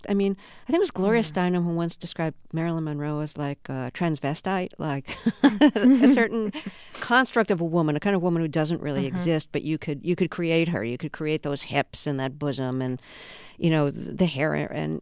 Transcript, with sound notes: I mean I think it was Gloria Steinem who once described Marilyn Monroe as like a transvestite.
(SOUNDBITE OF LAUGHTER)
Like a certain construct of a woman. A kind of a woman who doesn't really exist but you could create her, you could create those hips and that bosom and, you know, the hair.